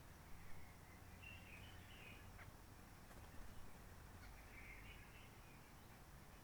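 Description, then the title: Réunion bulbul song: faint warbling whistled phrases in two short bursts a few seconds apart, over steady low rumbling background noise and soft clicks. Roche Merveilleuse, Réunion; forest quiet since 19 March 2020 lockdown, no helicopters, microlights or noisy visitors; sunny, blue sky; birds not yet very active; sings simpler, short phrases shaped by past noise pollution. "Roche Merveilleuse, Réunion - Merle de lîle de la Réunion."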